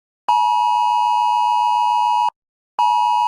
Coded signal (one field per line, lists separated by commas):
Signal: Emergency Alert System (SAME) tones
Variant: 853 and 960 Hz attention tone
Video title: ￼EAS Scenario: Texas Twister￼